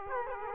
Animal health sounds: mosquito wingbeat signal from an infrared sensor; Aedes aegypti

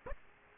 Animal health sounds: mosquito wingbeat signal from an infrared sensor; Aedes aegypti

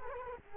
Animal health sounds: mosquito wingbeat signal from an infrared sensor; Culex quinquefasciatus

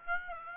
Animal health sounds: mosquito wingbeat signal from an infrared sensor; Aedes aegypti

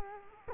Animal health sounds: mosquito wingbeat signal from an infrared sensor; Culex quinquefasciatus

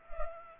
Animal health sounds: mosquito wingbeat signal from an infrared sensor; Culex pipiens

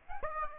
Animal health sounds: mosquito wingbeat signal from an infrared sensor; Aedes aegypti

